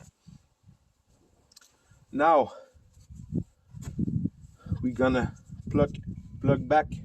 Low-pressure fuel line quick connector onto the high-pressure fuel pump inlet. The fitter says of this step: You just have to push and hear the click.